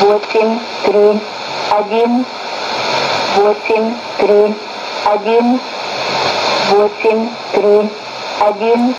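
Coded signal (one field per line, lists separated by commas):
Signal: numbers station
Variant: S06s, Russian female voice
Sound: a woman's voice reading short number words in steady groups through radio hiss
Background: radio static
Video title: 12 09 2016 Number station S06s Russian Lady to Eu 1210 on 11460 unknown tx site AM mode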